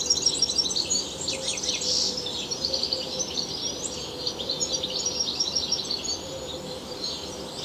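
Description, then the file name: European goldfinch song as a busy stream of bright, high twittering notes over a constant low hum. "Carduelis carduelis"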